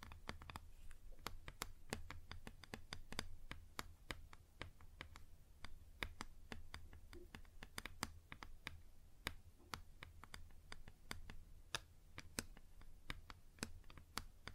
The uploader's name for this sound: Wood Surface Tapping & Scratching